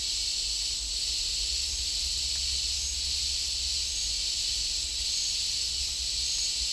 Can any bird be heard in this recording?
no